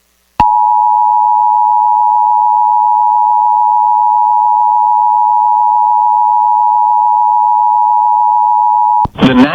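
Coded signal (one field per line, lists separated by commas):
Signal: Emergency Alert System (SAME) tones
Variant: 853 and 960 Hz attention tone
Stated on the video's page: Alerts mostly captured from an IP-based EAS relay station.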